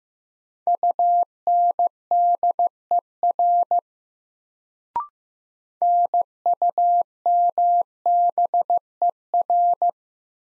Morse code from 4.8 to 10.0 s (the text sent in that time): NUMBER